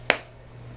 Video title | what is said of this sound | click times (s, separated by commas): iPhone 14 Pro UAG Cases with Magsafe, THE TRUTH? | and a little snap so a little loose push | 0.1 s